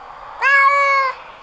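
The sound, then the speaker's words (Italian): A cat gives one drawn-out meow lasting under a second, held at a fairly steady, high pitch and rising clearly above a faint background hiss, with no voices. “Passava un gatto per di lì, lo prese al volo e se lo ingoiò.”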